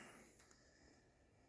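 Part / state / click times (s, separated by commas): retaining clamp locking a fuel injector onto a test/cleaning fixture / not seated / none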